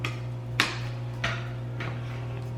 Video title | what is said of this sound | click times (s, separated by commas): ICA Ideal 65 Stereo | Se coloca aquí hasta que haga clic. Ahí ya está listo | 0.6 s